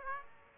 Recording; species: mosquito wingbeat signal from an infrared sensor; Aedes aegypti